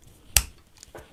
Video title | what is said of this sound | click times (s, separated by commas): Squeezing MATX Into Mini ITX Chassis - The Tower 200 Vs ASRock B850M-X WiFi AM5 Build | right that clicks into place there | 0.4 s